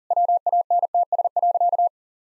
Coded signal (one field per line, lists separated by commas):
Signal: Morse code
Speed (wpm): 40 wpm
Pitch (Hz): 700 Hz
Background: none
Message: WANTS.